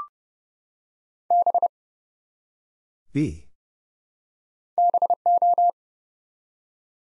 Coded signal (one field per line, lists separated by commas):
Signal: Morse code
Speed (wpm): 30 wpm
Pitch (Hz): 700 Hz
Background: none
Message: B BO